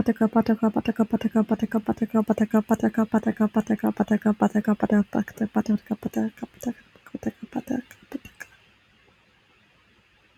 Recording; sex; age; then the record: repeated syllables /pa ta ka/; female; 20 to 29 years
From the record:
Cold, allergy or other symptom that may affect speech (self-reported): no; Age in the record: 24 years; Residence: Pennsylvania, United States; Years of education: 16